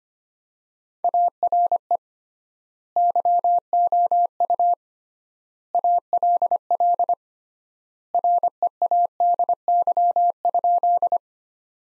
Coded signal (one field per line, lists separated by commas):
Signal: Morse code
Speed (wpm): 25 wpm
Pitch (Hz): 700 Hz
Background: none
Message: ARE YOU ALL READY?